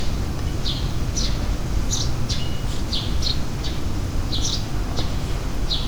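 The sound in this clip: Bird calls: short, sharp chirps repeated irregularly throughout over a steady low rumble of background noise.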